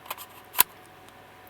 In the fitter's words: snaps in place then you're going to take these tabs